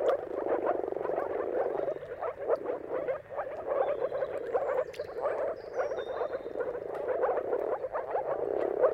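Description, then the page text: Moor frogs in a dense mating chorus, soft bubbling low croaks overlapping continuously, with faint high bird whistles above. Mating chorus of moor frogs at sunrise, at the turn of March and April depending on the weather. "Jakub-Orzecki moor frogs. Dawn’s Chorus: Mating Calls of Marsh Frogs at Sunrise. Depending on the weather at the turn of March and April, you can witness an amazing spectacle of moor frogs"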